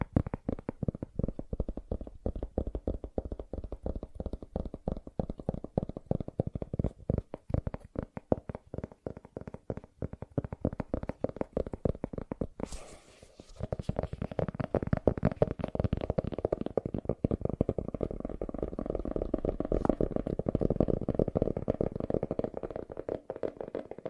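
Rapid, dense tapping runs the whole time, the taps falling in quick, uneven bursts with a dull, mostly low-to-mid tone. Around thirteen seconds a brief scratchy rustle breaks in, and afterward the tapping turns louder and packed so tightly it nearly blurs together.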